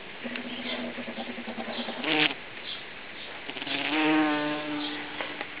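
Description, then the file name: Bumblebee buzzing: a steady low droning hum that breaks off after a loud burst, then returns slightly higher. Bumblebees recorded while mating. "Accouplement de bourdons (Bombus sp )"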